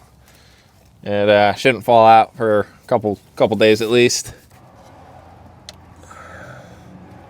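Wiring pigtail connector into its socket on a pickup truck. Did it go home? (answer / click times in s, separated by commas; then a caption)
yes / 5.7 s. Someone talks, then, after fighting a pigtail that kept whipping around, a plastic wiring pigtail connector is pushed home into its socket on a pickup truck. A single sharp click sounds at 5.7 s over low background noise, and the connector is seated.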